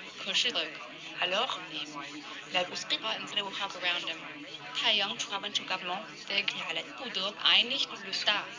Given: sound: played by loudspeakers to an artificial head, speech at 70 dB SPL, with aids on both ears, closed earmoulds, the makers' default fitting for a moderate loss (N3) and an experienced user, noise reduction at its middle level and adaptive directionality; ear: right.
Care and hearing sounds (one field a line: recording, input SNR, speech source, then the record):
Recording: speech test signal (ISTS) in cocktail-party noise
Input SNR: 0 dB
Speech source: on the right (90 degrees)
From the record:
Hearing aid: class 1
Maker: G